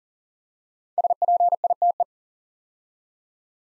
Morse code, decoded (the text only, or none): SPITE